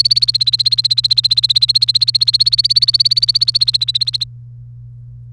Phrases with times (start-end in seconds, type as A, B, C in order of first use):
0.00-4.24 A